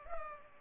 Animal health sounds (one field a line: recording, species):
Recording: mosquito wingbeat signal from an infrared sensor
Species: Culex pipiens